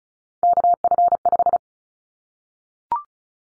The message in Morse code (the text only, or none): KF5